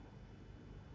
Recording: background sound without coughing